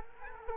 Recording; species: mosquito wingbeat signal from an infrared sensor; Culex quinquefasciatus